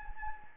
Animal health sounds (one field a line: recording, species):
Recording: mosquito wingbeat signal from an infrared sensor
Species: Anopheles gambiae